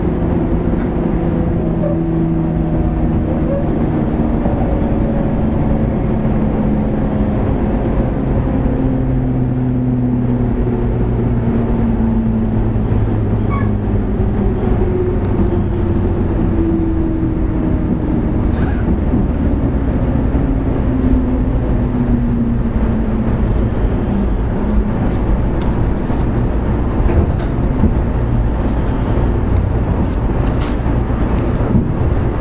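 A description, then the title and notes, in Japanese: A JR West 103 series local train runs steadily, with a dense low rumble and rattle that stays level throughout. Motor whine tones glide slowly downward across the middle, and faint clicks and knocks from the wheels pass at irregular intervals. JR西日本 103系電車の走行音です。阪和線の普通列車で録音しました。区間は、鶴ヶ丘から堺市までです。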